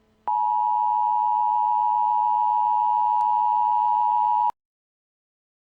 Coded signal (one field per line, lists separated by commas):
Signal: Emergency Alert System (SAME) tones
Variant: 853 and 960 Hz attention tone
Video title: EAS Scenario - The Glitch